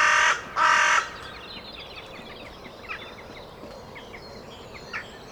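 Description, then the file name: Carrion crow giving two harsh caws at the start, followed by quiet with scattered faint chirps of small birds. "Corvus corone"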